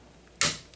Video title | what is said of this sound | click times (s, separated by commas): How To: Install AMD FX Series CPU | there we go locked into place and the last step is to just connect your fan | 0.4 s